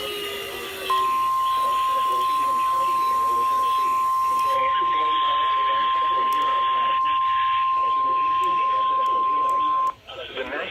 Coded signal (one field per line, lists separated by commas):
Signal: Emergency Alert System (SAME) tones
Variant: 1050 Hz attention tone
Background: speech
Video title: NOAA Radio (EAS # 363-367) Alerts From 5/31/18